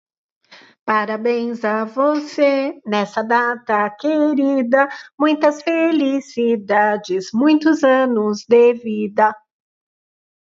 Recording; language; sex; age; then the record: short text; Brazilian Portuguese; female; 40 to 49 years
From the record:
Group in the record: control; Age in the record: 46 years